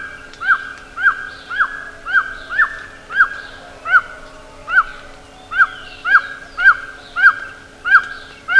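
Bird giving a rapid series of short, arched calls, nearly two per second, with fainter higher-pitched calls overlapping and a constant background hum.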